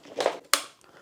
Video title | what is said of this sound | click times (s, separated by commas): Jashen Spray Mop Review & Demonstration | heard the click and thus that's the first part in | 0.5 s